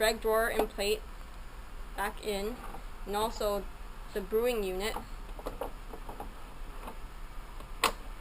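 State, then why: Seated. Someone talks while the removable plastic brewing unit is slid back into an automatic coffee machine body, with a few small knocks around 5.4–6.2 s. A sharp click at 7.8 s shows the brewing unit has locked into place.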